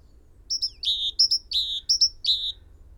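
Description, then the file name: Great tit, quick series of three phrases, each two bright high notes then a lower one, over a faint low rumble. "Parus major"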